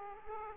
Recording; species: mosquito wingbeat signal from an infrared sensor; Aedes aegypti